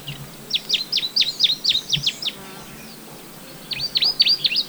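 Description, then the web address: Dusky warbler song: a quick series of sharp, down-slurred high notes, a pause, then another fast burst of similar notes. Recorded in Guangxi, China, on 15 April 2012. "Dusky Warbler Song 120415 Guangxi. pouillot brun phylloscopus fuscatus"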